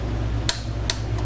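A click-type torque wrench set to 17 ft-lbs tightens another bolt on a new front brake rotor on the wheel hub of a Yamaha V-Star 1100, working in a cross pattern. Two sharp clicks sound at 0.5 s and 0.9 s over a steady low hum, showing the wrench has reached its torque setting.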